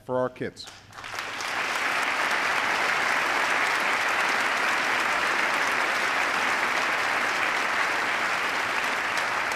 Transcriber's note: applause